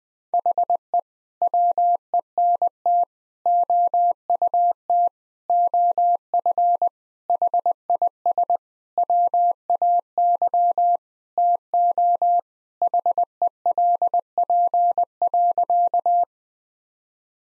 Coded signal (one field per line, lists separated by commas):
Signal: Morse code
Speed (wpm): 20 wpm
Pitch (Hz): 700 Hz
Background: none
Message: HE WENT OUT OF HIS WAY TO HELP.